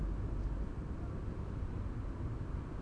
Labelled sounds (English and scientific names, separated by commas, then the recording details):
none
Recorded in Germany
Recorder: ecoPi